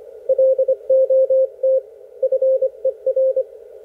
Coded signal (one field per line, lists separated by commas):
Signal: Morse code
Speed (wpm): 25 wpm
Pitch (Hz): 530 Hz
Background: none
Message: LOT FER